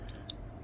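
A 3D-printed plastic front bumper with pins is lined up with the holes in the frame of a 1992 Dodge Ram scale model truck and pressed in. A faint tick at 0.1 s is followed by a sharp click at 0.3 s as the pins seat in the holes, a perfect fit.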